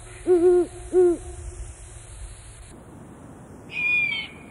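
Great horned owl giving two deep, soft hoots, followed by a higher, drawn-out call.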